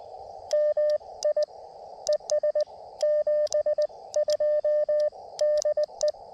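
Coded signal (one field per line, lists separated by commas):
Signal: Morse code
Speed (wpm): 19 wpm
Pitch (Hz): 590 Hz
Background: radio noise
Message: MI ES 72 DE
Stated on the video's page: Early morning CW park activation with Elecraft KX2 and Gabil GRA-7350TC antenna; key sounds exaggerated loud by close camera.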